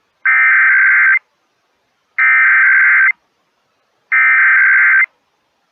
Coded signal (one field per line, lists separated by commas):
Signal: Emergency Alert System (SAME) tones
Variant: header bursts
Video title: EAS Required Monthly Test Minnesota Statewide Test SeaTTY (MPR/KNOW, KS95/KSTP-FM, And KTCZ)